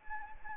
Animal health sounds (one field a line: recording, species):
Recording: mosquito wingbeat signal from an infrared sensor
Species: Anopheles arabiensis